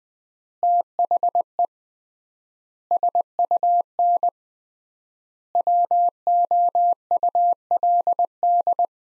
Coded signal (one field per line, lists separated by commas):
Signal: Morse code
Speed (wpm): 21 wpm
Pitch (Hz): 700 Hz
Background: none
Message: THE SUN WOULD